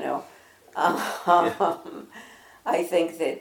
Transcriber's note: laughs